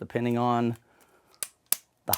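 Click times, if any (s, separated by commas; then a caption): 1.4 s, 1.7 s, 2.1 s. Someone talks, then a carbon fiber Manfrotto Befree GT PRO tripod leg is swung through its angle stops, and the leg angle detent in the leg hub clicks into position at 1.4, 1.7 and 2.1 seconds. The three sharp clicks mark the three angle positions for different heights and stability, and the leg angle lock is seated.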